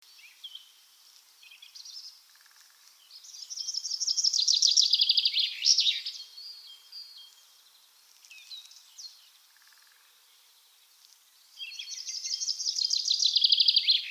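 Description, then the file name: Common chaffinch song: two loud descending trills, the first ending in a flourish, the second cut off, with softer chirps before and between them. "Fringilla coelebs"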